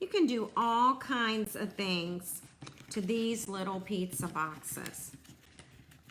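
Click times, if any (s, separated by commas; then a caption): none. Someone talks while trying to close a folded cardstock mini pizza box by pushing its cardstock tab into the slot. A few faint, soft handling sounds come near the end, but nothing has snapped or clicked, so the tab has not locked yet.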